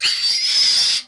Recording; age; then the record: pig call; piglet (1 to 25 days)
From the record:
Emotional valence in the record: negative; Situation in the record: castration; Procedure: castration, cut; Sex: male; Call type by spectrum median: high-frequency call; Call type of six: high-frequency modulated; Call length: 1.08 s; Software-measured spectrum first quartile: 4015 Hz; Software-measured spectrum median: 4813 Hz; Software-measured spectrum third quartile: 5351 Hz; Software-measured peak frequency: 4998 Hz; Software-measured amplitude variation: 89 dB a second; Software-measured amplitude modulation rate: 23.6 a second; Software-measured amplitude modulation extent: 3.8 dB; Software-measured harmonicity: 5.0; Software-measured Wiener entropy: -2.62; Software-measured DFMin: 1054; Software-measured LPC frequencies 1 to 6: 2061, 2844, 3547, 4642, 5068, 7401 Hz